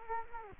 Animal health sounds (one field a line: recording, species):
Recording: mosquito wingbeat signal from an infrared sensor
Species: Anopheles gambiae